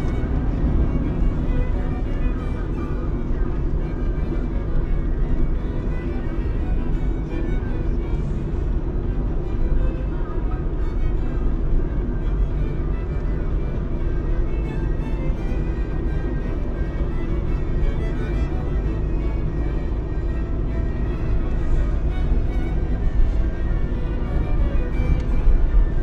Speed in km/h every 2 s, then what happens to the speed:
63, 54, 55, 55, 56, 58, 58, 59, 61, 61, 63, 64, 64.
0-3 slows to 54. 3-26 speeds up to 64.